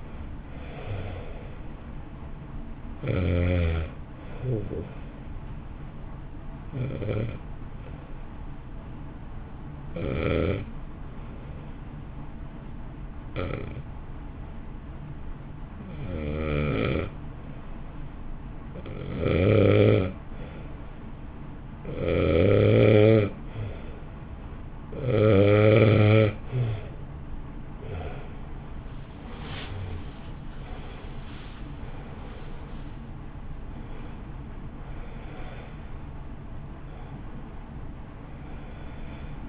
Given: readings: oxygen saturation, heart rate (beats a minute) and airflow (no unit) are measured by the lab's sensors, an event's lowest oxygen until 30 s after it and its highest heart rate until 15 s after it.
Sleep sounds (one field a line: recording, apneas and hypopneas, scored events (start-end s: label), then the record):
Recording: breathing in sleep by a smartphone at the bedside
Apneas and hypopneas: 1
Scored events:
3.00-31.20 s: hypopnea (N1, oxygen 94% highest, then 85% lowest, heart rate 55 at the start, 67 highest)
13.00-39.49 s: new sleep stage, N2 (light sleep)
From the record:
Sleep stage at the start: N1 (lightest sleep)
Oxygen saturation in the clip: 85 to 94%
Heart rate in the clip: 52 to 67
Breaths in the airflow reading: 12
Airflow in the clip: -1.9 to 2.2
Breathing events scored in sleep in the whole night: 328 in 6.3 hours asleep